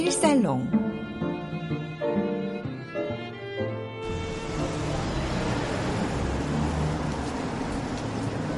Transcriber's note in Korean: 현장음:샌프란시스코 거리